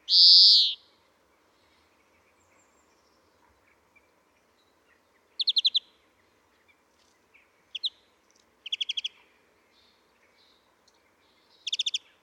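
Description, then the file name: European greenfinch calls: a harsh opening burst, then, after a pause of several seconds, short, rapid twittering trills in separate bursts every one to three seconds, in otherwise quiet surroundings. "Chloris chloris"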